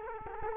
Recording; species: mosquito wingbeat signal from an infrared sensor; Culex quinquefasciatus